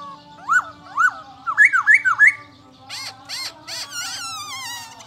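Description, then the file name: Black-throated laughingthrush: clear up-and-down whistled notes, a quick burst of four looping whistles, then harsher broad notes and a sliding whistle. "Pterorhinus chinensis"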